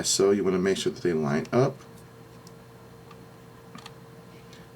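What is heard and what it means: Someone talks while a 360 lens module is lined up with the connector on an action camera battery base before being pushed together. After the talking, only quiet handling ticks are heard, around 2.5, 3.1, 3.8 and 3.9 seconds. Nothing has seated or clicked yet.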